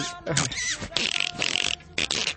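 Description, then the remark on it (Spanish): A person mimics a dolphin with a rapid series of high, squeaky chirps and clicking trills, coming in three quick bursts with short gaps between them. “Haces el mismo sonido que un delfín cuando está haciendo delfín.”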